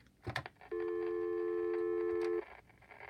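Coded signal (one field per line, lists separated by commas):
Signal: telephone call progress tone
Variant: North America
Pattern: dial tone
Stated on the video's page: Dialing and call progress tones from tandem stacking over VoIP, using C*NET and Google Voice PSTN trunks.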